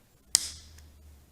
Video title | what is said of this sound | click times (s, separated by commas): 2014 & Newer Road 6 Customs 13" Bagger Bars Complete Install | you just put it on there and push it to the right. You'll hear it click in, and | 0.3 s